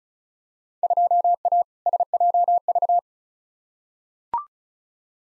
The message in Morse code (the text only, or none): 2A SJV